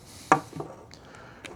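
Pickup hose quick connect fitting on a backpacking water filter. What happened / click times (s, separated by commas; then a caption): The quick-connect hose fitting released / 0.3 s. A small button is pressed on the plastic quick connect fitting of a backpacking water filter's pickup hose, and the fitting is pulled off the filter. A sharp click sounds at 0.3 s as it releases, then fainter clicks and taps follow, and the fitting comes free.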